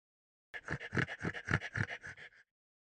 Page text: French Bulldog Gasp Snorty. Quick Sounds